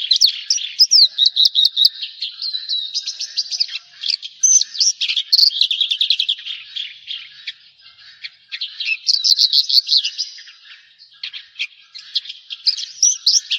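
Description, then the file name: Javan bush lark song, a long continuous jumble of quick chirps, slurred whistles and rattles, rising and falling in energy, with brief gaps between phrases. "suara burung branjangan jawa"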